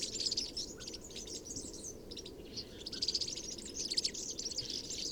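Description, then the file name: European serin song, high jingling twitters in short bursts, fuller and louder near the end, over a low steady background hum. Recorded 22 January 2017 at Binsham. "Girlitz. Binsham. Susanne Rieck"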